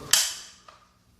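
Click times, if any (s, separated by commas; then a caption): 0.1 s. After the retaining tab is removed from the automatic primary chain adjuster in the primary chaincase of an HD Ultra Classic motorcycle, the spring-loaded ratcheting tensioner shoe moves up against the chain. A sharp, bright metallic click at 0.1 s rings down slowly, followed by a faint tick near 0.7 s and another sharp click at the end of the clip. The ratchet clicks into place at 0.1 s as the chain tension comes up, and the tensioner is seated.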